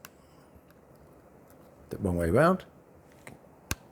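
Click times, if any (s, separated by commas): 3.7 s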